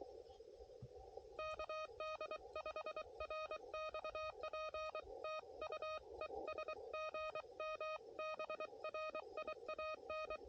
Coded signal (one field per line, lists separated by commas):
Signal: Morse code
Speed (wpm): 23 wpm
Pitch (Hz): 1250 Hz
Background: none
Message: KD5RXP TU ES GM BRIAN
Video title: QRP CW POTA US-11197